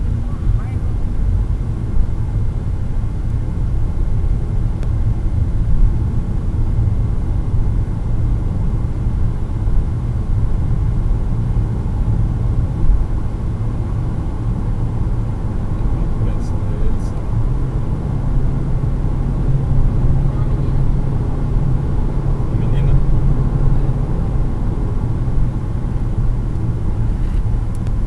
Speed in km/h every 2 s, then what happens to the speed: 96, 101, 103, 107, 111, 114, 116, 121, 126, 130, 132, 132, 127, 112.
0-19 speeds up to 132. 23-28 brakes to 112.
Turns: none.